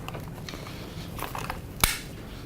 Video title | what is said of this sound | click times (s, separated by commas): OSU Camera Tutorial Final 2017 | slide it right on the tripod head you'll hear a click and | 1.8 s